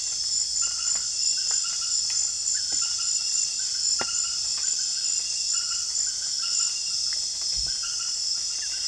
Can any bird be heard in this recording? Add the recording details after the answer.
no. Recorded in secondary vegetation near Puerto Asís, Putumayo, Colombia, on 24 June 2025 at 19:30. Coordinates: 0.498, -76.327. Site GP09